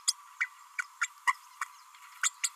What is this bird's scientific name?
Forpus passerinus